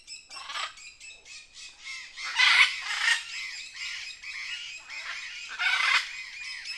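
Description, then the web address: Birds calling, a dense overlapping chorus of harsh squawks and chattering calls, with louder raucous bursts near the middle and toward the end. Jungle birds. "best service Blue Box birds birds jungle"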